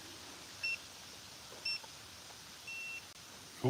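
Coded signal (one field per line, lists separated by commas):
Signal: none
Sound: vacuum sealer's beeps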